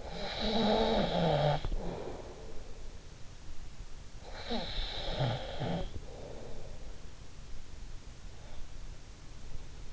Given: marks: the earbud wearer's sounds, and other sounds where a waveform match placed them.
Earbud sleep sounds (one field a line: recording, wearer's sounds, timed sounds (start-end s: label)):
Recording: sounds in sleep by an in-ear microphone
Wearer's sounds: snoring breath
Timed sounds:
0.00-2.88 s: snoring breath
4.12-6.92 s: snoring breath